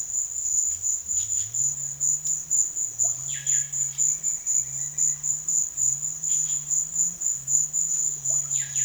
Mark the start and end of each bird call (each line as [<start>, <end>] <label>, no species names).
[1.14, 1.54] bird call
[3.32, 3.72] bird call
[6.21, 6.74] bird call